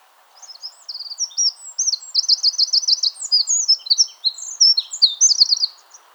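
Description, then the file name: Eurasian wren song: a loud, rapid outpouring of high trills and sharp twittering notes lasting about five seconds, with a low steady background hum. "Troglodytes troglodytes"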